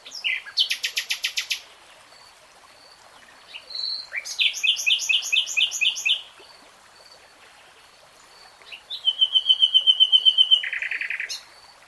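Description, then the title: Nightingale song: bursts of rapid repeated notes, a rattling phrase, then a clear whistle dropping into a harsh trill, separated by pauses. "Tiếng chim hót Nightingale Singing"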